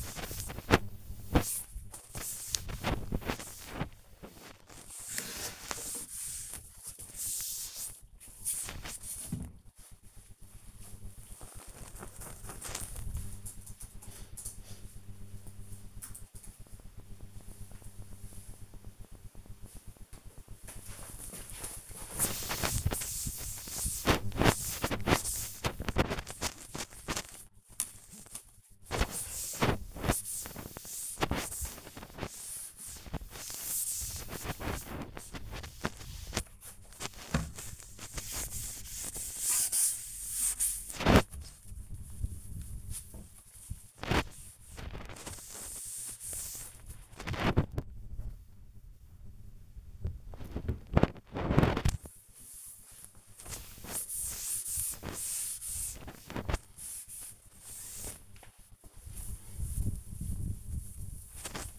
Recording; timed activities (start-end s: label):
household activities, microphone on the right wrist
0.00-10.02 s: cleaning shelf
20.06-61.79 s: cleaning shelf